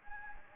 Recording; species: mosquito wingbeat signal from an infrared sensor; Anopheles gambiae